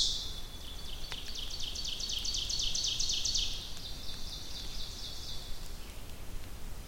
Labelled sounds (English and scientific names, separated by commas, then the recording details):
Ovenbird (Seiurus aurocapilla) song
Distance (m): 55 m
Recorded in boreal forest in Alberta, Canada, on 2 June 2016 at 08:07
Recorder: SongMeter 3, array SBT-3-7
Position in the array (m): 261 m, 13 m
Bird 10